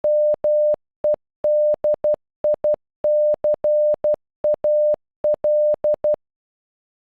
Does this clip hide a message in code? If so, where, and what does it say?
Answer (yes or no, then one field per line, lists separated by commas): yes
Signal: Morse code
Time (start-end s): 0.0-6.1 s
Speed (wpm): 12 wpm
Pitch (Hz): 600 Hz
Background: none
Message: MEDICAL